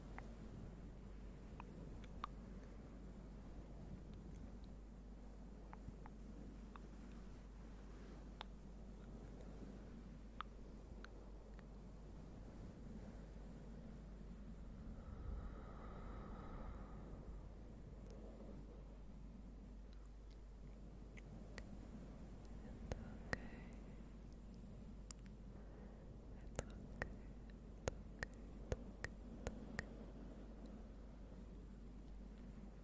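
Very slow, soft fluffy rubbing sits over a steady low rumble that runs the whole way through. Around the middle comes a brief hushed, breathy whisper, and sharp tongue clicks pop out sparsely, growing more frequent in the last ten seconds.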